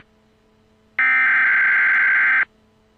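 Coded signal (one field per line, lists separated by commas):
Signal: Emergency Alert System (SAME) tones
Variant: header bursts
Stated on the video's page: Emergency Alert System tones used as the intro of a music mix tribute.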